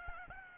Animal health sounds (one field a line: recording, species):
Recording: mosquito wingbeat signal from an infrared sensor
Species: Aedes albopictus